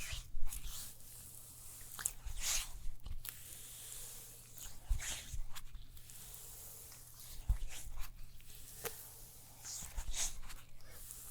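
A massage with no talking, heard as soft rubbing and squishing strokes with brief bright swishes and slaps scattered through, roughly every second or two. The strokes vary in loudness, and a steady low hum runs underneath throughout.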